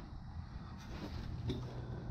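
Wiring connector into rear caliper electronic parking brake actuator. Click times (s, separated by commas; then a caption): 1.5 s. A plastic electrical connector is pushed back onto the electronic parking brake actuator on the rear caliper of a 2014–2019 Subaru Legacy during a rear brake pad replacement. Over a steady low rumble, a short sharp click sounds at 1.5 s as the connector seats fully.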